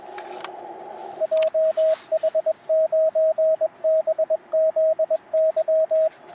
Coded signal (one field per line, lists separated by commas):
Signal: Morse code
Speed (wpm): 19 wpm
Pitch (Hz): 640 Hz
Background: radio noise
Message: JH9BZY